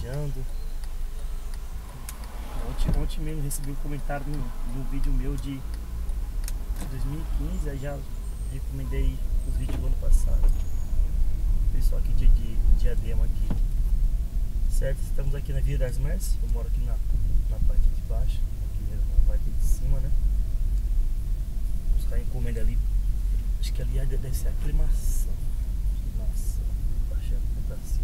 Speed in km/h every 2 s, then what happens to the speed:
3, 2, 2, 6, 12, 19, 21, 22, 21, 20, 21, 20, 21, 21.
1-4 standing. 4-13 pulls away to 22. 13-28 steady at about 21.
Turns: none.